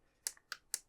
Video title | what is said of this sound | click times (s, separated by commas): Build the Ford GT - Pack 7 - Stages 28-32 | and as you can hear the click that one's perfect as well and that is all there is to do in that stage | 0.3 s, 0.5 s, 0.7 s